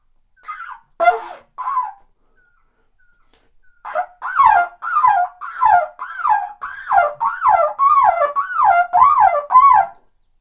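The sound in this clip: Bird calling: a few scattered notes, then a steady run of arched, harmonic, down-slurring notes repeated nearly twice per second.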